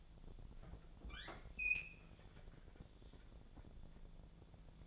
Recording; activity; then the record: daily activity, microphone in the room; open fridge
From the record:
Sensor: 5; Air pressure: 1000.2 hPa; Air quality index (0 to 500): 103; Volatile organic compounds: 1 ppm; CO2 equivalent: 832 ppm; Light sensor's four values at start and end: 230/545/233/255 and 232/549/235/257